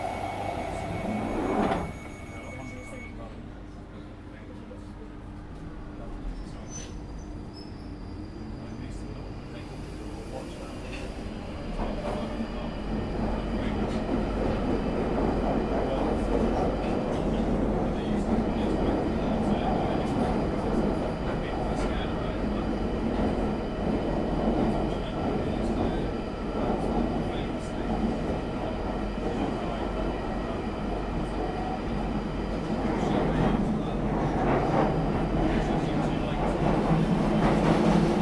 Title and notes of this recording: International Train Noise Compilation. The diverse sounds of trains from around the world